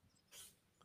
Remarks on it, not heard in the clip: You can hear a sneezing cat in the background. My cat just sneezed.